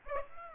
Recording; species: mosquito wingbeat signal from an infrared sensor; Aedes aegypti